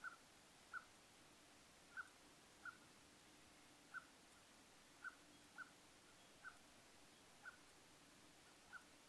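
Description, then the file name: Common blackbird giving short, sharp call notes, each a brief click-like tick, repeated irregularly every second or so over a quiet hiss. "Turdus merula"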